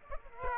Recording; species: mosquito wingbeat signal from an infrared sensor; Aedes aegypti